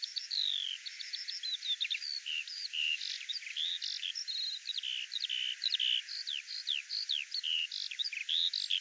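Bird song, a quick jumble of high chirps, whistled slurs and buzzy notes, steady throughout over a faint hiss.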